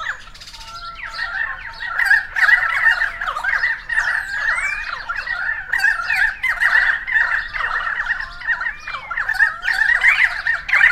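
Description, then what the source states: Currawongs in a noisy group, harsh squawks mixed with sliding whistled notes, the chorus building after the first second and staying steady. Several currawongs recorded on 28 May 2013.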